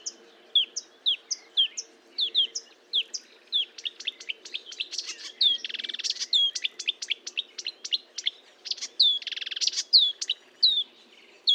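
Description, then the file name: Marsh warbler singing a varied medley: short whistled notes interspersed with rapid clicks, harsh buzzy bursts and scratchy chatter, continuing steadily. Fontaine-Française, Fourneau site, 1 June 2022 at 10:55; recorded with a Nagra recorder and Telinga microphone. "Rousserolle verderolle 20220601 1055 Fontaine-Francaise-Fourneau-Nagra-Telinga"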